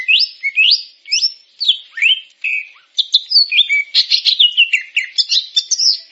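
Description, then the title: Grey-cheeked bulbul song: a fast, varied run of whistled and chattering notes, rising and falling sharply, with brief gaps between phrases. "Kicau Burung Cucak Jenggot"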